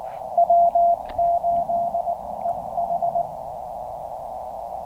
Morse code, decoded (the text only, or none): W8EH